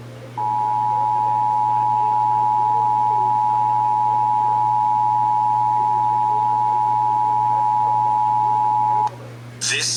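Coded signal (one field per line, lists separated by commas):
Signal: Emergency Alert System (SAME) tones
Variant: 853 and 960 Hz attention tone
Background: speech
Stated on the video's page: Texas required monthly EAS test, heard on broadcast radio and TV stations.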